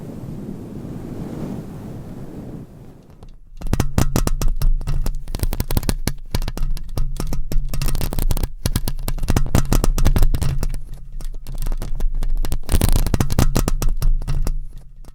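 Microphone scratching for ASMR, opening with about three seconds of soft, low rustling. Near the four-second mark it switches to loud, dense, rapid scratching with a steady low rumble underneath, crackling bursts packed tightly together and continuing unevenly to the end.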